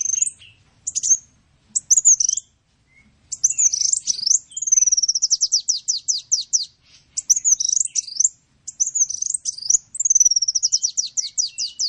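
Bird song of shrill twisting notes that run into long, fast trills, phrases separated by short silences; otherwise quiet.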